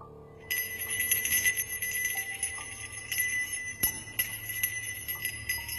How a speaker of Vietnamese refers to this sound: Ông thầy cúng bắt đầu rì rầm, lắc lắc cái chuông rồi ê a khấn.